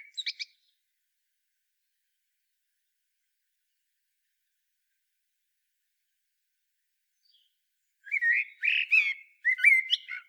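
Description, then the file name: Common blackbird: a few brief squeaky notes, a long quiet gap, then a warbling, slightly scratchy phrase of several whistled notes. "Turdus merula"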